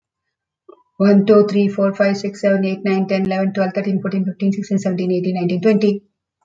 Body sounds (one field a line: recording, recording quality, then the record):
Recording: counting at a fast pace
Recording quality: excellent, no background noise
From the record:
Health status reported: healthy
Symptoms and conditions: hypertension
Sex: female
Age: 66 years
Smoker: not ticked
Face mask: not worn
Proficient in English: yes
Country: India